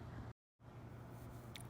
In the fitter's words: So you just line it up and slide it right on till it locks into place.